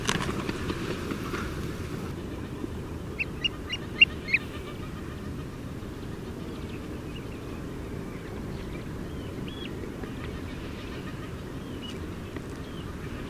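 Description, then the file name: Common ringed plover calls: a quick run of short, high piping notes lasting about a second, followed by a few scattered fainter notes, over a constant low rumbling background. "Grand Gravelot"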